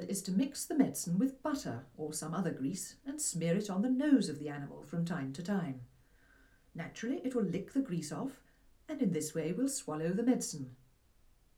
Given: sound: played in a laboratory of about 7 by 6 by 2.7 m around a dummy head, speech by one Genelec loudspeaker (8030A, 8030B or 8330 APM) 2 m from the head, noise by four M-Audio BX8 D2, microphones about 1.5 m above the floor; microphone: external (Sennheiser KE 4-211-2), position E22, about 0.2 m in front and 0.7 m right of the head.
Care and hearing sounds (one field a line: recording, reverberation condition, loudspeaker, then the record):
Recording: female speech in English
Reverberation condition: low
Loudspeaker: behind (180 degrees)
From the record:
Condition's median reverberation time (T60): about 310 ms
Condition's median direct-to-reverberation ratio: about 3.5 dB